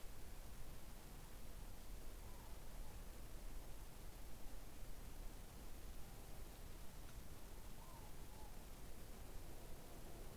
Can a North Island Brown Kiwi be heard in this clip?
no